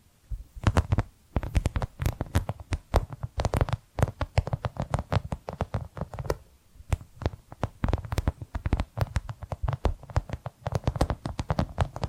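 Tapping and scratching sounds, made up of dense clusters of sharp, crisp taps with soft scratchy strokes between them. Bursts come in quick runs with brief pauses near 1, 4 and 7 seconds. A low thudding body sits under the bright clicks throughout.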